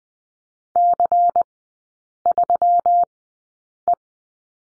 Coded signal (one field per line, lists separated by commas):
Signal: Morse code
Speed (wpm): 20 wpm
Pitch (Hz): 700 Hz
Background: none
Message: C3E